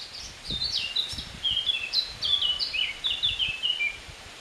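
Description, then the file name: Eurasian blackcap delivering a continuous bright warble of quick, varied whistled notes, with a few soft low knocks in the background. "Sylvia atricapilla"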